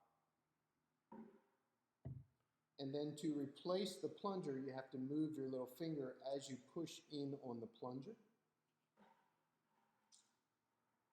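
A plastic plunger is being handled to go back into the barrel of a sampling syringe filled with a water sample, with the little finger moved aside as the plunger is pushed in. Someone talks over a few brief handling sounds, including one near 1.1 s. Nothing has seated or clicked yet, and the plunger is not yet home.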